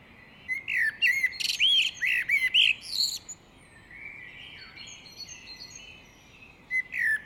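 Great tit calls: bursts of bright chirps and clicking notes near the start, a quiet stretch with soft twittering, then a few sharp chirps at the end.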